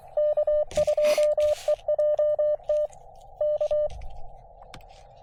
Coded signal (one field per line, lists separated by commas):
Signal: Morse code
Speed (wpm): 24 wpm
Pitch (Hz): 590 Hz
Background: none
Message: K2EJT K